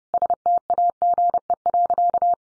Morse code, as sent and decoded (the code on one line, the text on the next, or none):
... - .- --. . .-.-.-
STAGE.